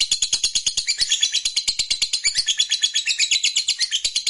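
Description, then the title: Lovebird song of nonstop high, rasping chatter, notes tumbling rapidly. Fighter-type lovebird singing energetically (gacor). "Berkat SUARA Lovebird FIGHTER GACOR Ini"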